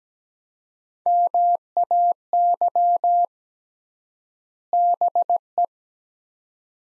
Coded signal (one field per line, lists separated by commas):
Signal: Morse code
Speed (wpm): 17 wpm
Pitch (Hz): 700 Hz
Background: none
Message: MAY BE